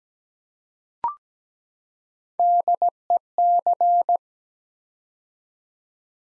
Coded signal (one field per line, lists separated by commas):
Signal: Morse code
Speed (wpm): 17 wpm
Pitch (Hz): 700 Hz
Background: none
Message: DEC